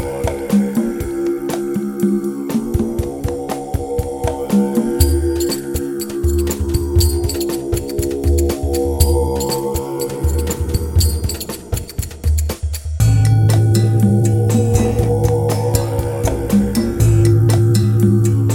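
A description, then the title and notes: Tibetan chant with a deep, steady drone underneath and layered sustained tones above it, crowded with quick clicking and struck sounds throughout. Around thirteen seconds the texture shifts abruptly, turning louder and fuller as a low hum holds to the end. Tibetan Chant - Bowl And Healing Tones.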